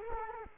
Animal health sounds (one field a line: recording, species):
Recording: mosquito wingbeat signal from an infrared sensor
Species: Culex quinquefasciatus